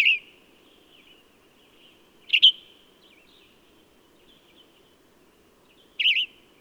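Bird chirps: three short, bright high notes, each a quick double burst, spaced a few seconds apart over a faint low background hum.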